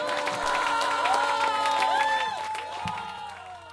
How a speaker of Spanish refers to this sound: Vaya griterío. Una cosa que había, enorme.